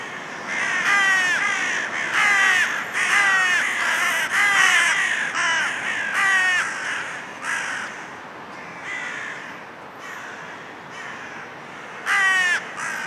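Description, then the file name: Carrion crow giving a run of harsh, grating caws, often in quick pairs, then slowing to spaced single caws against constant hiss. "Corvus corone"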